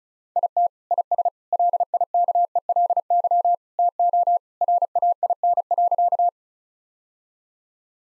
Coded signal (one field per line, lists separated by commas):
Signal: Morse code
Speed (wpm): 34 wpm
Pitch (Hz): 700 Hz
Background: none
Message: IT IS LIKELY TO RAIN.